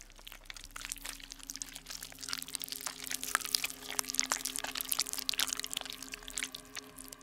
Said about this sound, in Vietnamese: Từ từ lướt đến gần xác con trâu đang sình thối, Mỹ Trinh cúi người xuống. Sau đó, những cái tua rua từ ruột bắt đầu phanh bụng con trâu ra, âm thanh phát ra nhóp nhép ghê rợn.